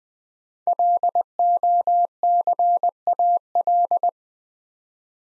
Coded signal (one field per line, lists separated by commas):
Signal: Morse code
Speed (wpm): 20 wpm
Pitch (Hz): 700 Hz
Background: none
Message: LOCAL